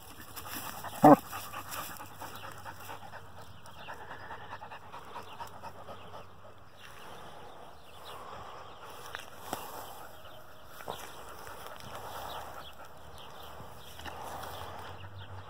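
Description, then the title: Dog panting in breathy puffs throughout, with a sharp click near the start and a few soft knocks later. Dog attacking pokeball toys. "Savage dog attacks weird pokeballs!"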